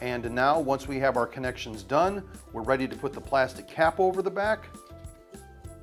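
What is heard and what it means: Someone talks over background music while the wiring connections of a new WarmlyYours touchscreen floor heating thermostat are finished, ready for the plastic cap to be pressed over its back. A faint, short handling sound comes near the end at about 5.3 s. Nothing has snapped or seated yet.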